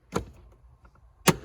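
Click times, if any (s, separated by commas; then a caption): 0.2 s, 1.3 s. The plastic cover of the cabin air filter housing behind the glove box of a 2000–2004 Toyota Echo is pushed back into place. It makes two sharp clicks at 0.2 s and 1.3 s, with two faint ticks in between near 0.9 s and 1.0 s. The cover clicks in and is seated.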